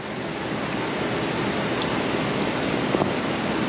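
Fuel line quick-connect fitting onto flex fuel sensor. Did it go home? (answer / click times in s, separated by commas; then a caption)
no / none. A fuel line quick-connect fitting is pushed onto the flex fuel sensor nipple on a twin-turbo Cadillac ATS 3.6 during a flex fuel modification. Steady broadband noise fills the clip, broken by two brief, sharp sounds near 1.8 and 3.0 seconds. The fitting has not snapped or clicked into place yet.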